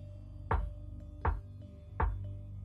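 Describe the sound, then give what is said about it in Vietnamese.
Three evenly spaced knocks on a bedroom door, each a sharp, solid thud with a brief ring, arriving at a steady, deliberate pace over a low background hum. “tiếng gõ cửa vẫn đều đặn vang lên.”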